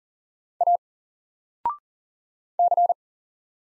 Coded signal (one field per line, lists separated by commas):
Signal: Morse code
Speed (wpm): 40 wpm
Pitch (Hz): 700 Hz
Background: none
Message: A C